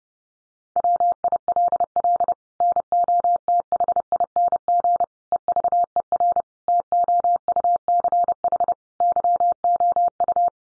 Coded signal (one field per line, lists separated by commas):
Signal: Morse code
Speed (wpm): 30 wpm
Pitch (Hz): 700 Hz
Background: none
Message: WILL NOTHING EVER TOUCH YOU